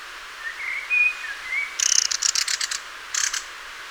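Common blackbird giving a clear fluted whistle, then a burst of high, scratchy rattling twitters in quick pulses before a brief pause and a final twitter.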